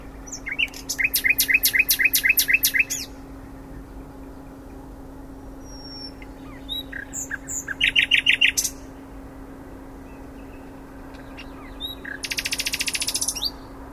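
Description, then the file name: Common nightingale singing three separate phrases with pauses between them. Each phrase is a fast, rattling trill of rapid repeated notes. A faint steady hum runs underneath. "Luscinia megarhynchos"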